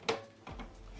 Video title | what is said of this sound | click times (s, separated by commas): HP Deskjet 4100e Full Setup- Unboxing, Install Ink cartridge, WIFI Setup & Print, Load Paper! | and you hear a click | 0.1 s